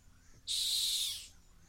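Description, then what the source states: Rock hyrax call, one rasping high shriek of under a second that starts abruptly and trails off, with nothing else clearly heard. Calling from the edge of a gorge in the Masai Mara.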